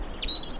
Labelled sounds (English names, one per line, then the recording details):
Stitchbird song
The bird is a male
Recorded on Tiritiri Matangi Island, New Zealand, in 2005
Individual 1, of nest box 1